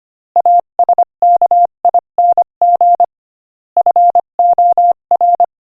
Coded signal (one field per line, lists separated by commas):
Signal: Morse code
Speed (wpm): 25 wpm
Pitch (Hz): 700 Hz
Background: none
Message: ASKING FOR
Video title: Morse Code Practice: 25 wpm Inspirational Quote 17